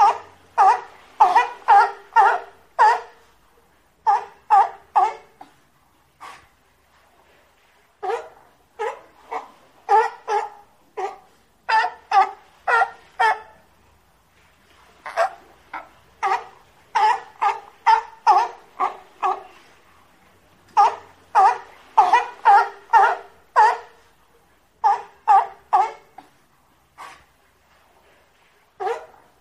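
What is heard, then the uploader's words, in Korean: A sea lion barks in rapid, hoarse bursts, grouped into runs of five to ten calls separated by short pauses, repeating throughout. The calls are loud and mid-pitched with a rough edge. Between runs the background is nearly silent. 바다사자 울음 소리.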